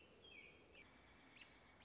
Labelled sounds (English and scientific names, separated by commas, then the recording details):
American Robin (Turdus migratorius)
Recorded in Sonoma County, California